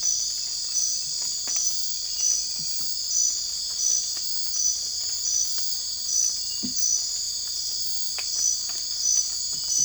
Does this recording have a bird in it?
no